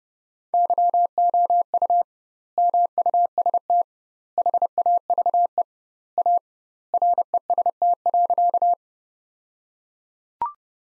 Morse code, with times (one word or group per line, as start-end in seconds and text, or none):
0.5-2.0 YOU
2.6-3.8 MUST
4.4-5.6 HAVE
6.2-6.4 A
6.9-8.7 REST.